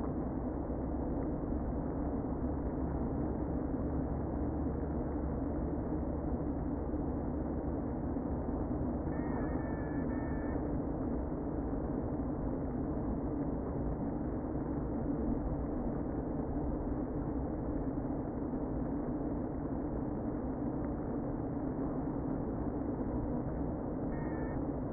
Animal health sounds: honeybee colony, microphone inside the hive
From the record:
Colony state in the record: queen present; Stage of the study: before two queens were removed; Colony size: about 60,000 bees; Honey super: yes

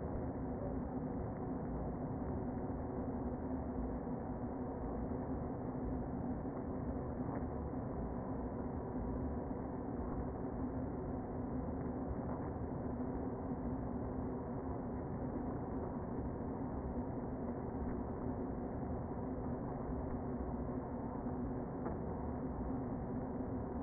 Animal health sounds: honeybee colony, microphone inside the hive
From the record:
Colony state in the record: queen present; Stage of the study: before two queens were removed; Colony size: about 60,000 bees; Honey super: yes

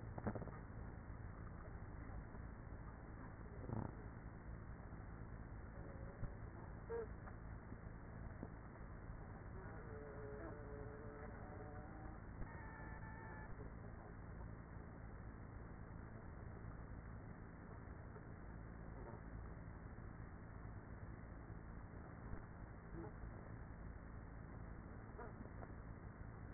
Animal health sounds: honeybee colony, microphone inside the hive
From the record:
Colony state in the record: queenless with a low population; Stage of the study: after two queens were removed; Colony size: about 30,000 bees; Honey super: no

